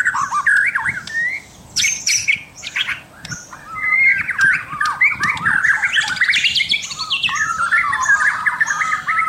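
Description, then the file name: White-rumped shama song, loud and varied, mixing rich whistles, sharp high notes and scratchy chatter in continuous jumbled phrases. Local name murai batu, labelled mahkota. "suara murai batu mahkota"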